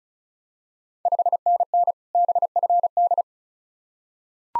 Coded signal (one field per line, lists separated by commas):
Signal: Morse code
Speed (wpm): 34 wpm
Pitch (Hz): 700 Hz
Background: none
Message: 5NN BFD